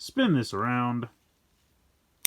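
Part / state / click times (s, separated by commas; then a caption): foot piece into toy robot leg / seated / 2.2 s. Someone talks while the matching plastic foot piece on the second leg of a JB08 Carry Braver toy robot (Tomica Heroes Jobraver) is spun around and pushed home. After a quiet pause, one loud, sharp click comes at 2.3 s as the foot seats in place.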